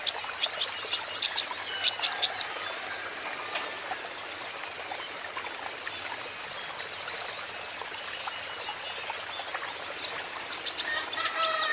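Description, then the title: Van Hasselt's sunbird singing sharp, high twitters in a dense burst at the start, then sparse faint notes, then another quick cluster near the end. Young, green-plumaged (konin ijoan) kolibri ninja in lively (gacor) song; used as a lure and therapy so untrained (bahan) konin birds will answer. "KOLIBRI NINJA KONIN IJOAN GACOR COCOK UNTUK PANCINGAN TERAPI KONIN BAHAN PASTI NYAUT"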